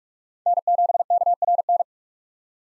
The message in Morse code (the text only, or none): N7KRN